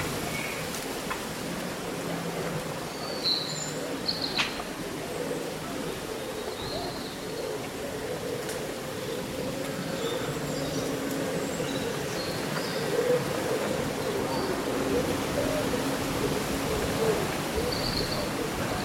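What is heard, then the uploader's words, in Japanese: Leaves rustle steadily in a breeze while short bird chirps flicker through, and faint murmuring voices and low tones run underneath throughout. そよ風の吹く夏の日、ざわめく葉と鳥のさえずり。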